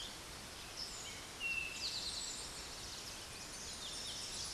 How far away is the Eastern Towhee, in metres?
about 10 m